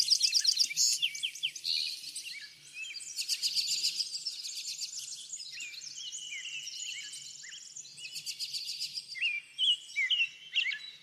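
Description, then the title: Bird chorus: overlapping high trills, chirps and downslurred whistles from several birds, over a faint low hum. Backyard. "Backyard Birds - Ambient Nature Bird Sounds"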